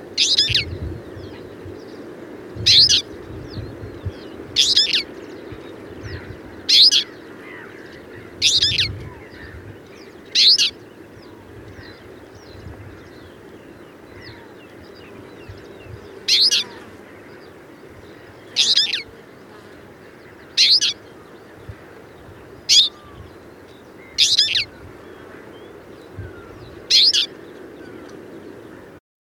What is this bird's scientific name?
Carduelis flavirostris